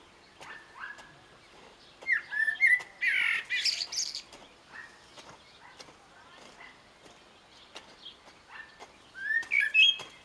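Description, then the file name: Common blackbird song: several phrases of fluting whistles, some ending in a squeaky high twitter, with clicks in the background. "Turdus merula"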